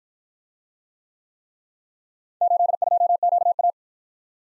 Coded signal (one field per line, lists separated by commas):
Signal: Morse code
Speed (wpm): 50 wpm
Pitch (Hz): 700 Hz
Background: none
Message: 82QA